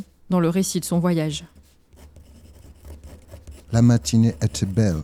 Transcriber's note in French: Voix d’acteur